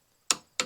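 A 13 mm socket on a click torque wrench set to 4.2 ft-lb tightens a battery cable lug bolt during installation of BLUETTI EP800 and B500 batteries. After silence, the wrench gives a sharp click at 0.3 s, followed by a second similar sharp snap at 0.6 s. The bolt reaches its torque setting.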